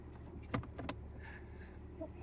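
On a 2017 Ram 1500 truck, after the cabin air filter is slid in past the cable on one side, the plastic filter access cover is pushed home into the HVAC housing behind the glove box. Several sharp plastic hits are heard, with the cover snapping into place at 0.5 s and 0.9 s. The cover is seated.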